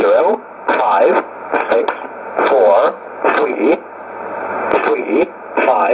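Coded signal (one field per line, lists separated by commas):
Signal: numbers station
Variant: E07a, English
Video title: 09 02 2019 E07a English Man Numbers station in English to Eu 0925 on 12153 unknown tx site USB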